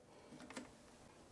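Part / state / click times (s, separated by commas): touchscreen display into its mounting bracket on a 3D printer / seated / 0.5 s, 0.6 s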